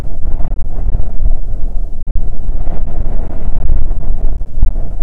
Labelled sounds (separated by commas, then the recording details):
wind
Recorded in the Prudhoe Bay oil fields, Alaska, on 7 August 2019 at 14:17
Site 17